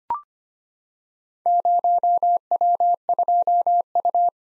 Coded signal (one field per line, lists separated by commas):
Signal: Morse code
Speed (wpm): 25 wpm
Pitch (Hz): 700 Hz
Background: none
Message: 0W2U